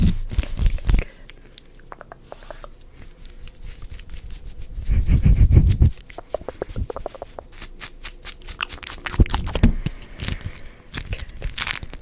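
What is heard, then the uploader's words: Wet mouth sounds and quick clicks come in rapid bursts, with a louder crinkly rustle around five seconds and again near nine. Beeswax Wrap, Mouth Sounds, Spit Painting.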